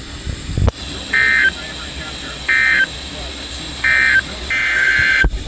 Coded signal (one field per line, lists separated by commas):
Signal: Emergency Alert System (SAME) tones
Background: speech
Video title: Here we go again. (EAS#349-353)